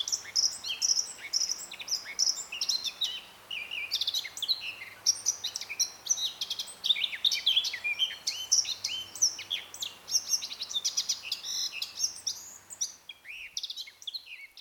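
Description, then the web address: Eurasian blackcap delivering long, lively warbling: rapid chirps, twitters and clear whistles run on without pause. "SETE Sylvia atricapilla"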